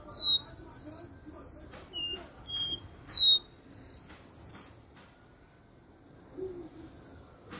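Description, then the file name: Seedeater delivering a quick run of sweet, high whistled notes for about five seconds, then quieter low background noise. "canto do caboclinho"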